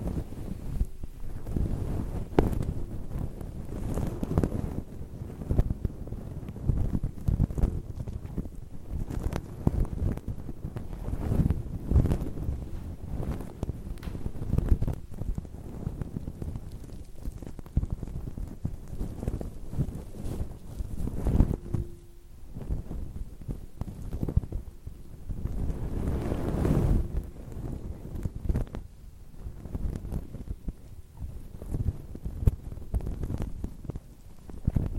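A microphone wind muff being stroked hard, giving a dense, low, rumbling rustle with constant rapid strokes. Bursts swell and fade in uneven waves, and a brief low hum appears around the twenty-two second mark and again near twenty-six seconds.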